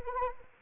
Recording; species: mosquito wingbeat signal from an infrared sensor; Anopheles arabiensis